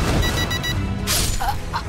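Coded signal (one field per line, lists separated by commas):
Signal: none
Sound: a video game's beeps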